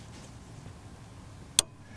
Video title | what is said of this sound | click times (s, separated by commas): Accord Brake Light Switch and Shifter Repair (VSA Repair Part 2) | that clicks in and you're set to go | 1.6 s